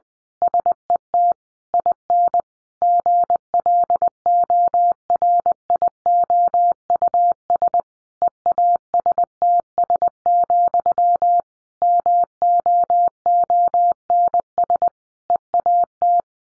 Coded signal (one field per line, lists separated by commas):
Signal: Morse code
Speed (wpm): 20 wpm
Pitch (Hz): 700 Hz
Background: none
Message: SET IN GLORIOUS EASTS, MOONS EAT